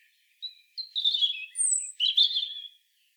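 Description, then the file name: European robin song phrase: thin high whistled notes, one very high drawn-out tone, and a final warbled flourish. "Erithacus rubecula"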